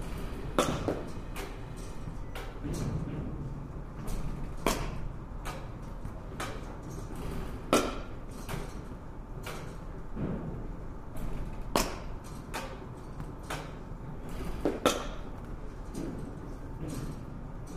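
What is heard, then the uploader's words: At a batting cage, sharp cracking hits ring out every second or two, some louder and brighter than others, with a few spaced wider apart. Between them a steady low rumble of machinery and murmuring activity continues throughout. バッティングセンターの音です. Sound of batting cage.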